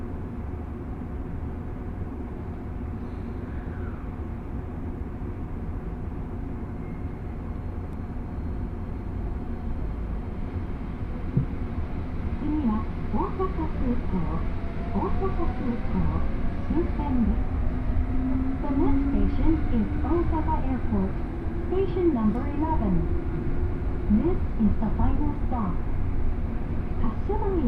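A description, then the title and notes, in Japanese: A ride on the Osaka Monorail toward Osaka Airport: a steady, deep rumble of the moving car runs the whole time, growing slightly louder after about twelve seconds. From then on, voices talk over the drone almost continuously until the end. 鉄道旅 大物→梅田→蛍池→大阪空港。蛍池で大阪モノレールに乗り換えて１駅先の大阪空港へと向かいます。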